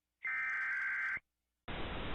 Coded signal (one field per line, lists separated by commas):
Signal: Emergency Alert System (SAME) tones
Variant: header bursts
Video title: ThisIsNotATest EAS and EBS Mock Videos - Season 2